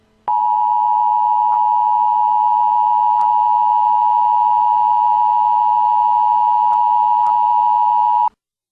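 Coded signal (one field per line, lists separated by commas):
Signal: Emergency Alert System (SAME) tones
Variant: 853 and 960 Hz attention tone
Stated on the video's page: Real severe thunderstorm warning issued by the National Weather Service.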